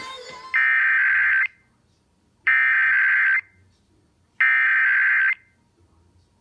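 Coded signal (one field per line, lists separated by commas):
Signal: Emergency Alert System (SAME) tones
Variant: header bursts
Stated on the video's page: Radio station Required Weekly Tests.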